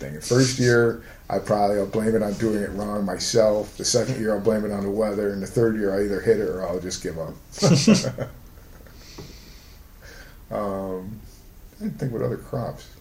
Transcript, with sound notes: The first year, I probably will blame it on doing it wrong myself. The second year, I'll blame it on the weather. And the third year, I either hit it or I'll just give up. [Laughter] I'm thinking of what other crops.